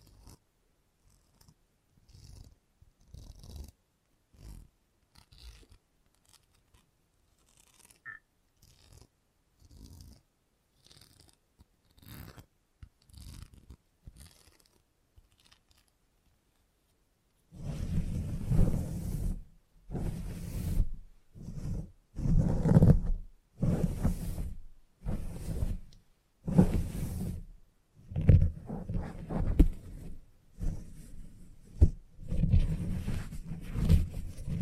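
A salon haircut: for the first seventeen seconds, soft, quick snips and small clicks come in irregular clusters. Then a louder buzzing, purring clipper takes over, starting and stopping in repeated bursts a second or two long, with a low hum and a bright hiss.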